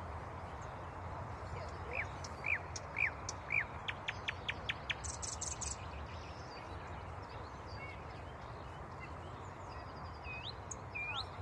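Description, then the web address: Common nightingale song: a few short whistled notes, then a rapid run of sharp repeated clicks and a high buzzy burst, over steady background noise. "rossignol ordinaire chant du rossignol"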